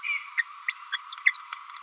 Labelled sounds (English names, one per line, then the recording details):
Green-rumped Parrotlet babbling
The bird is a female
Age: 29 days
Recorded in a nest box in Venezuela
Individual 17B42A4